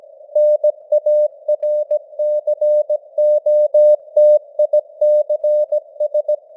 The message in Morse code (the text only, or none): NARCOTICS